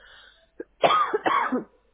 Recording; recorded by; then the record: voluntary cough; telephone call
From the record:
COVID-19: positive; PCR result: checked with the laboratory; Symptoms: yes